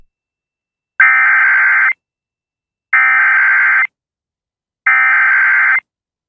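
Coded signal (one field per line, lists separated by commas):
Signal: Emergency Alert System (SAME) tones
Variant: header bursts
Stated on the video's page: Glitched tornado warning SAME tones during a tropical storm.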